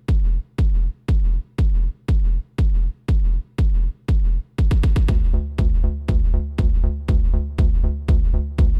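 Deep, regular heartbeat thumps at about 120 a minute, briefly bunching into a quick flurry midway before settling back over a sustained low humming tone. A produced, music-style ASMR heartbeat track.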